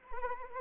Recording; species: mosquito wingbeat signal from an infrared sensor; Anopheles arabiensis